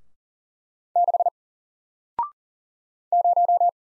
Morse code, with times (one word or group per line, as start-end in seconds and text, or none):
1.0-1.3 6
3.1-3.7 0